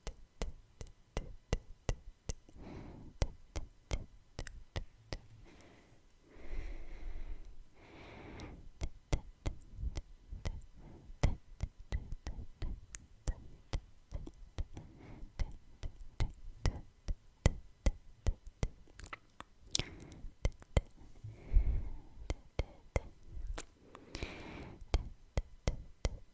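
ASMR mouth sounds: a dense, irregular stream of sharp tongue clicks and wet smacking pops runs throughout, several per second. Softer breathy swells rise between them, notably around 3, 6.5–8.5, 19–22 and 24–25 seconds.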